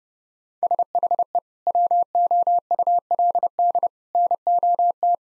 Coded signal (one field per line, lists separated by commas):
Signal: Morse code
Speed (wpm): 30 wpm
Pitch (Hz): 700 Hz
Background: none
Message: SHE WOULD NOT